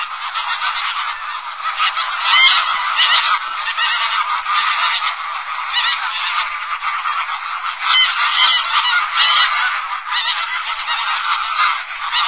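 Greylag goose: greylag geese calling together in a steady chorus of overlapping nasal honks lasting throughout, with no gaps.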